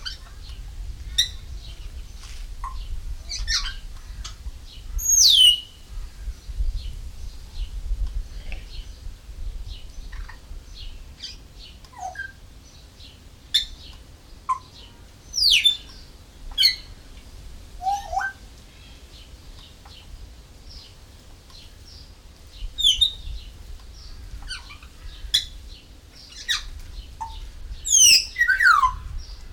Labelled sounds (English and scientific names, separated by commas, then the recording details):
Grey Parrot (Psittacus erithacus)
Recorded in captivity
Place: Zoo Berlin, Berlin, DE
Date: 1996-06-01 12:32
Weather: sonnig, 22°C
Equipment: Sony MD-WM MZ-R3, Sennheiser MKH 416 T, Kopie Uher 4000 Report Monitor
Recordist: Tembrock, Günter